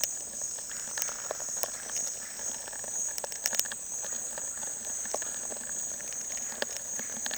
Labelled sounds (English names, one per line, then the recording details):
none
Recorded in dense forest near Puerto Asís, Putumayo, Colombia, on 29 June 2025 at 10:30
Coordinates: 0.468, -76.322
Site GP03